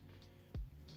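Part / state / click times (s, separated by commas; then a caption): bearing shell into connecting rod big end / not seated / none. A steel engine bearing shell is handled at the big end of a connecting rod for a KA24ET engine build, over steady background music with a low hum. A sharp, louder low thump comes at 0.55 s, with fainter brief sounds near 0.2 s and 0.9 s. Nothing has seated or clicked yet.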